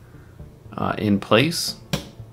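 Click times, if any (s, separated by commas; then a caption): 1.9 s. Someone talks as the front door of a vintage white PC tower case is swung shut onto the small magnets added to hold it. A sharp snap at 1.9 s shows the door seating firmly on its magnetic catch.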